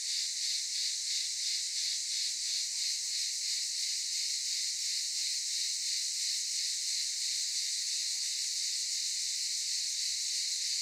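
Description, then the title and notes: Cicada chorus: intense high buzz with clear rapid pulsing early on, becoming a smoother continuous drone later. Cicadas recorded in daytime at Aylak Yaşam Camp, Çıralı, Kemer, Antalya, Turkey. "Ulupınar Mahallesi, Çıralı Yolu, 07980 Kemer/Antalya, Turkey - Cicadas daytime. Aylak Yaşam Camp, cicadas in daytime"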